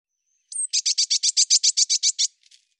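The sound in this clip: Eurasian blue tit giving a harsh, buzzy call: a brief thin high note, then about twelve rapid rasping notes evenly spaced, ending with a few faint trailing notes.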